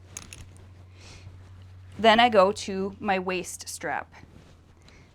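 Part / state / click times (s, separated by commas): chest strap clasp into its receiver on a fall protection harness / seated / 0.2 s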